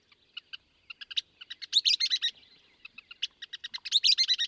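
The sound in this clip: Western kingbird with rapid sharp kip notes swelling into loud, squealing, sputtering chatters, two bursts in quick succession.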